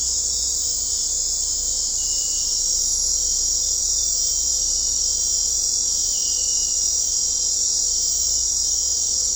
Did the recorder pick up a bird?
no